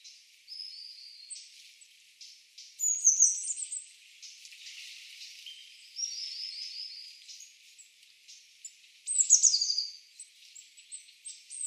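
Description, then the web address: Eurasian blue tit calls: a long busy stretch of high thin notes, buzzy churring phrases and quick pulsed trills, with the loudest trills near three and nine seconds. "cianscape. Deverinetal"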